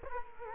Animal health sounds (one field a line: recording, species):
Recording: mosquito wingbeat signal from an infrared sensor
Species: Culex quinquefasciatus